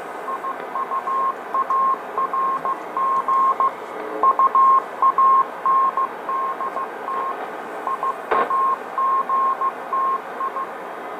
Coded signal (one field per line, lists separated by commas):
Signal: Morse code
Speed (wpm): 16 wpm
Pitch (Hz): 1070 Hz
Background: radio noise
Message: IUARG UANDT IAGTI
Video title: M8a Cuban Numbers Station 2